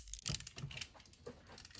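A plastic trigger is pushed into the assembled plastic marble-shooter toy body, a Super B-Daman Phantom Eagle 138, after it had been forgotten. A sharp click at 0.1 s marks the trigger seating, followed by several smaller plastic clicks and rustles through about 0.8 s. The trigger is seated in place.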